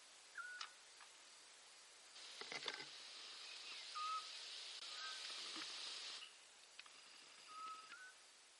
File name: Autillo europeo Otus scops